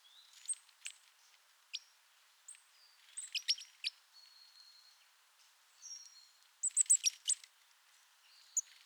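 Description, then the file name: Eurasian blue tit calling with scattered thin high notes, short clicks and a brief burst of rapid chirps near seven seconds, over faint hiss. "Cyanistes caeruleus"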